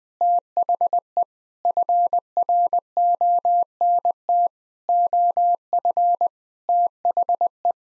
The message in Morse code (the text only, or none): THE FRONT OF THE